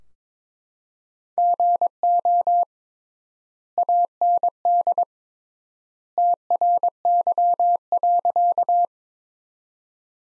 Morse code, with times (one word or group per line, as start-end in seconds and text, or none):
1.4-2.6 GO
3.8-5.0 AND
6.2-8.8 TRY.